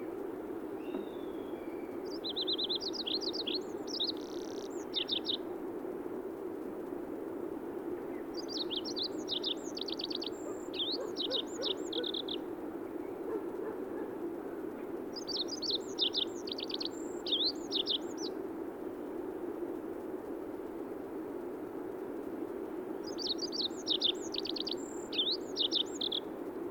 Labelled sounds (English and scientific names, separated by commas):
Olive-backed Pipit (Anthus hodgsoni) song